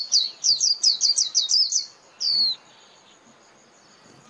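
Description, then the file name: White-eye calls: a quick string of high descending chirps, then one longer slurred downward note. Lure call (mồi) of a white-eye, used for trapping. "Tieng khuyen moi"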